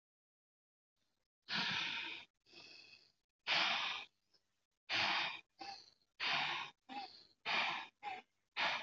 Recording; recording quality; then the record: shallow breathing; excellent, no background noise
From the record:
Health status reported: healthy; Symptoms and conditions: none ticked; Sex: female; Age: 23 years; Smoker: not ticked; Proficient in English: yes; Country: India